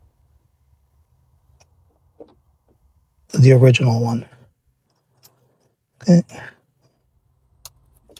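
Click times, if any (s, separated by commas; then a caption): 7.7 s. A power frunk pass-through wiring harness plug on a Tesla Model Y Juniper is pushed into the original frunk wiring connector while someone talks. A sharp, loud click at 7.6 seconds shows the plug has seated.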